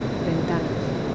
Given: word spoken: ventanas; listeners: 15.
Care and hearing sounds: one Spanish word in noise, from a listening test; speech-shaped noise; -4.0 dB; 2 of 15; 10 of 15; 0.75 s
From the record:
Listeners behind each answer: 10, 2, 2, 1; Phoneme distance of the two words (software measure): 7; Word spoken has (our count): 3 syllables, 8 phonemes, stress on syllable 2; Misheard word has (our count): 3 syllables, 7 phonemes, stress on syllable 2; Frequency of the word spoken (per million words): 26.58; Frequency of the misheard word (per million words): 59.36

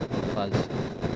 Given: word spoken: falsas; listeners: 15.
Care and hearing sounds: one Spanish word in noise, from a listening test; noise modulated by three-talker babble; -6.6 dB; 0 of 15; 7 of 15; 0.76 s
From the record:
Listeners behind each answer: 7, 2, 1, 1, 1, 1, 1, 1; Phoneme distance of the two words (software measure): 7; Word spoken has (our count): 2 syllables, 6 phonemes, stress on syllable 1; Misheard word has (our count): 2 syllables, 5 phonemes, stress on syllable 1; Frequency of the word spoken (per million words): 12.53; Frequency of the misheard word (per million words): 20.32

